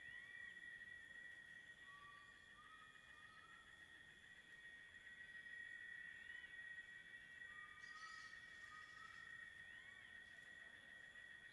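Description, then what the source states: Cicada chorus, a dense steady buzzing band that swells and eases, with short rising whistled bird notes and a brief burst of higher chirps about two-thirds of the way through. Late-afternoon rural ambience; cicada chorus rises and falls, with crickets and birds.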